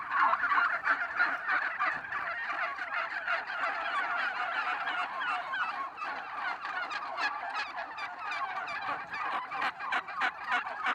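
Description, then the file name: Turkey flock gobbling, a steady wash of quick warbling calls layered over one another for the whole stretch. Red turkeys, several birds. "dindes rouges"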